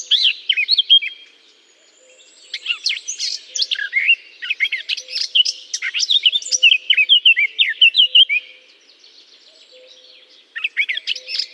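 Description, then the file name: Eurasian blackcap song in three bouts, each a quick jumble of chattering and fluty whistled notes, with short silent gaps between. Singing in a holly bush. "chant de fauvette a tete noire dans houx"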